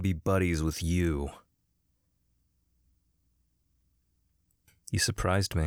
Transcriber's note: monotone